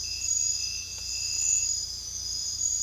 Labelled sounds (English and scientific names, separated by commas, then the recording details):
none
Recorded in secondary vegetation near Puerto Asís, Putumayo, Colombia, on 16 December 2024 at 22:30
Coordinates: 0.499, -76.323
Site G010